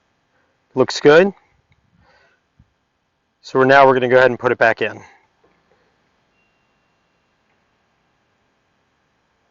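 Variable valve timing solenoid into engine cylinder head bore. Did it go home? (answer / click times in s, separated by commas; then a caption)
no / none. A cleaned variable valve timing solenoid is brought back to its bore in the engine cylinder head and lined up before being pushed in. Someone talks in two short bursts, with only a very faint tick near 1.7 s and otherwise silence, with no hits. The solenoid has not clicked into place yet.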